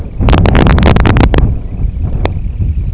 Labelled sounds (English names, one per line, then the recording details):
Semipalmated Sandpiper
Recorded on Arctic tundra, site IGLO-D, on 23 June 2018
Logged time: 20:00